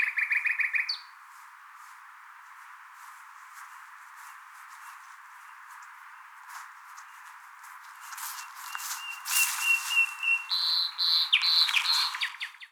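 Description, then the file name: Common nightingale song: a brief fast trill opens, then quiet, followed by a busy run of sharp, varied notes and clear whistles. "Luscinia megarhynchos"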